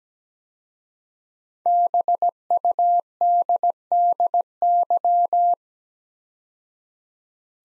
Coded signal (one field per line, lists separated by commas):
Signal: Morse code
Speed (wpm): 17 wpm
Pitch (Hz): 700 Hz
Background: none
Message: BUDDY